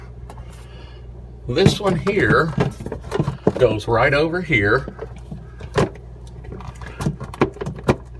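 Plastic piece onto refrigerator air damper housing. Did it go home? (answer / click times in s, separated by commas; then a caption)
no / none. One of three plastic pieces is handled and positioned over the air damper housing of a Whirlpool WRS526SIAE00 refrigerator, whose damper is being replaced because the refrigerator freezes food. Someone talks while light plastic taps and knocks are heard. Nothing has seated or clicked yet.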